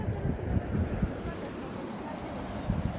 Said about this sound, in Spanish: Para Cartografía Sonora en Onda Nassau quiero recoger el sonido del río desde Tordesillas.